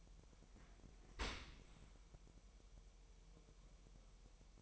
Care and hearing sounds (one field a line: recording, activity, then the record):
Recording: daily activity, microphone in the room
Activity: open dishwasher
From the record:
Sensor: 1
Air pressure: 1000.7 hPa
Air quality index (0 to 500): 248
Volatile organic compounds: 146 ppm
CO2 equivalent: 4006 ppm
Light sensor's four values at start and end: 12/28/11/12 and 12/28/11/12